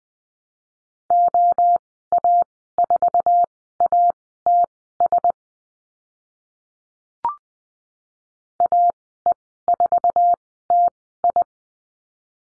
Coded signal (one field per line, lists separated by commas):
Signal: Morse code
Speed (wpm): 20 wpm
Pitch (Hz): 700 Hz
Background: none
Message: OA4ATS AE4TI